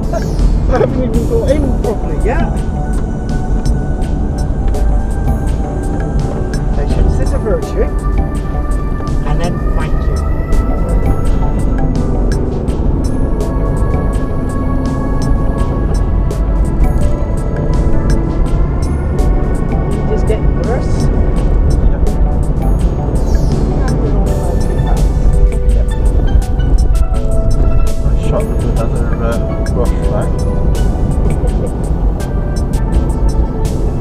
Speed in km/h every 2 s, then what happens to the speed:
42, 40, 39, 37, 35, 39, 44, 47, 47, 47, 48, 50, 48, 48, 52, 52, 47.
0-8 slows to 35. 8-14 speeds up to 47. 14-34 steady at about 48.